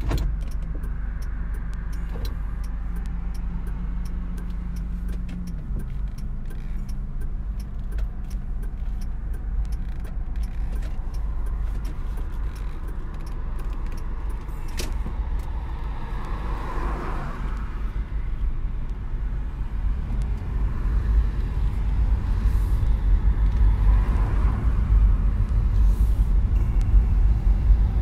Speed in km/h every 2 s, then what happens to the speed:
2, 3, 3, 3, 4, 4, 2, 2, 3, 4, 8, 12, 12, 11.
0-16 steady at about 3. 16-22 speeds up to 12. 22-28 steady at about 12.